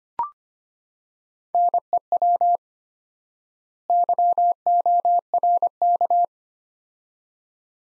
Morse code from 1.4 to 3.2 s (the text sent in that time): NEW